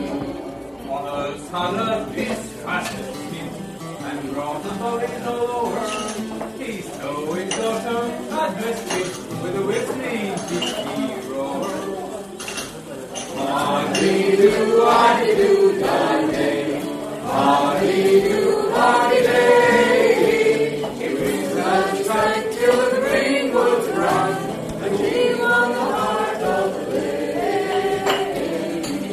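Lively bar atmosphere: many voices talk over one another in a steady murmur, with some speech standing out. Glasses and cutlery clink often throughout. The chatter grows noticeably louder about halfway through and stays busy to the end.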